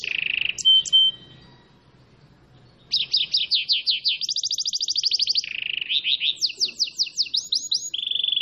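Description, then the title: Canary song: a short whistled note and two sharp chirps, a pause, then long rapid trills shifting pitch through several segments, ending on a steady high tone. Singing canary; song described as vigorous and persistent with long rolling trills, meant to make other canaries respond at once. "LANGSUNG NYAUT GACOR DOR Kenari Manasaja, Dengan Kicau Kenari GACOR NGOTOT ROLL PANJANG"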